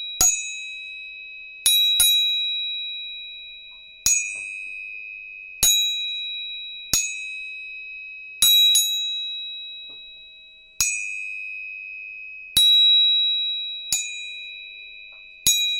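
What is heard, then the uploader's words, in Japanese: A tuning fork is struck about a dozen times at uneven intervals, each sharp strike leaving a clear, steady high tone that slowly fades. 音叉チューニング3本。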